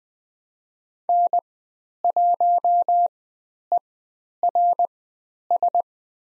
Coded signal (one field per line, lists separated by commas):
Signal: Morse code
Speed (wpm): 20 wpm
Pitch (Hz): 700 Hz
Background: none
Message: N1ERS